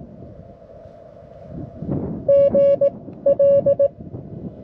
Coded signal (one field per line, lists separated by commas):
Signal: Morse code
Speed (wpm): 19 wpm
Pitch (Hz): 560 Hz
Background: none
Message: G L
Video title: Portable QRP CW OPS QSO with N8PEM